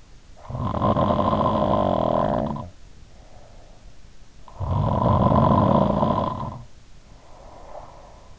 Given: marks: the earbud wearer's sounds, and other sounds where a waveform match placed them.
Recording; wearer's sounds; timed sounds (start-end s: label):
sounds in sleep by an in-ear microphone; snoring breath
0.31-3.93 s: snoring breath
4.23-8.38 s: snoring breath